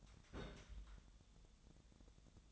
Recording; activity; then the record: daily activity, microphone in the room; place on stove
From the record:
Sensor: 3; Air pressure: 1000.0 hPa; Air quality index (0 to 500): 128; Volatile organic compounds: 2 ppm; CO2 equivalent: 1146 ppm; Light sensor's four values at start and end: 42/106/46/50 and 42/106/46/50